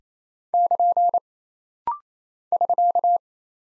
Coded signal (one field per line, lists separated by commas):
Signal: Morse code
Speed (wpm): 27 wpm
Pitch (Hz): 700 Hz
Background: none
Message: <KN> <SK>